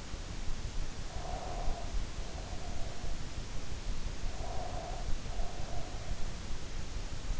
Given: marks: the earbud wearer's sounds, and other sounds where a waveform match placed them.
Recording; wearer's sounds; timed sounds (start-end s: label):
sounds in sleep by an in-ear microphone; breath
0.92-3.13 s: breath
4.12-6.23 s: breath